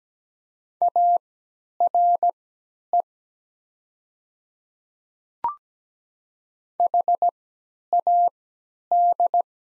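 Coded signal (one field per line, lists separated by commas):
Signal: Morse code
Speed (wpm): 17 wpm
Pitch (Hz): 700 Hz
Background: none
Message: ARE HAD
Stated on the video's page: Morse practice sets of the top 100 words at 17 wpm with 3x character spacing, Farnsworth timing easing learners from nonstandard to standard timing.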